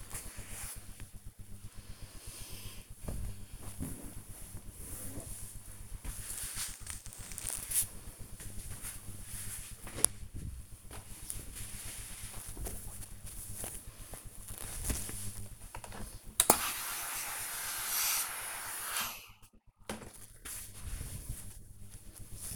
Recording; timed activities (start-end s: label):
household activities, microphone on the right wrist
0.00-1.04 s: ironing laundry
16.10-22.56 s: ironing laundry